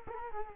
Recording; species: mosquito wingbeat signal from an infrared sensor; Culex quinquefasciatus